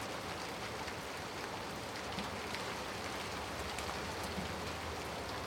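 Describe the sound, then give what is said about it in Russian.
Steady, soft rain patters and hisses without pause, a dense wash of fine drops with faint brighter taps scattered through it. No voices, just the even rustle of rainfall. “С тихим шелестом сыплется дождь.”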